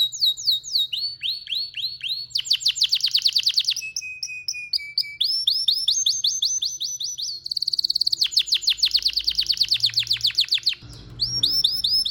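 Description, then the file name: Canary singing a long varied song of rolling trills, quick downward-sweeping notes and a lower steady whistled phrase, tours switching every one to two seconds, with a brief noisy patch near the end. "طائر الكناري (اشهر طيور بصوت عذب)"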